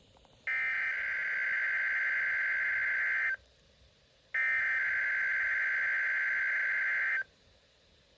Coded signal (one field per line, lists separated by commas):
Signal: Emergency Alert System (SAME) tones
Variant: header bursts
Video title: NOAA Weather Radio - Required Weekly Test [EAS #66] (12/30/21)